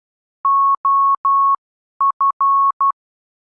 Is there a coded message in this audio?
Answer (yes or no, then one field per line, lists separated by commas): yes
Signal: Morse code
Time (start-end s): 0.4-2.9 s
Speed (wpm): 12 wpm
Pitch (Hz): 1100 Hz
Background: none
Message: OF